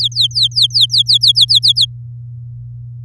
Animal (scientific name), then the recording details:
Serinus canaria. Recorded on 9 May 2018 at 12:59. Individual llb16